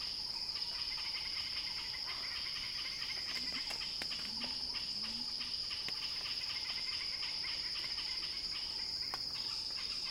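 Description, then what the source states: Cicada song, a steady high-pitched buzzing drone held throughout, with scattered faint bird chirps and a few low warbling notes in the background. Cicada song rising in a crescendo.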